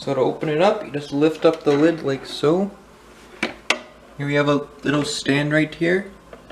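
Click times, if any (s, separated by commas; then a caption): none. Someone talks while lifting the wooden lid of a 1920s Cremonophone phonograph cabinet, with two sharp knocks from the lid handling near 3.4 s and 3.7 s, then faint taps near the end. The small lid support stand that keeps the lid from falling is being handled but has not yet locked into place; nothing has seated or clicked yet.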